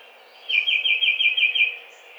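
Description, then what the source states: Tufted titmouse sings one clear whistled phrase of several quick, repeated two-part notes, peter-peter style. Recorded on 7 April 2009.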